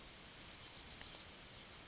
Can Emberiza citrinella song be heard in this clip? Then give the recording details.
yes. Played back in forest. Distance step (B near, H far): C. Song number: 156